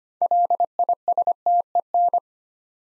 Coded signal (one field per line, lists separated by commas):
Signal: Morse code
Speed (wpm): 25 wpm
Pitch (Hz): 700 Hz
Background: none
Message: LISTEN